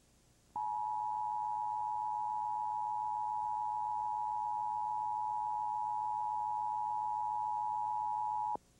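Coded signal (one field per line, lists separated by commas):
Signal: Emergency Alert System (SAME) tones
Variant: 853 and 960 Hz attention tone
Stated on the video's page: Genuine Emergency Alert System Required Monthly Test from a taped broadcast.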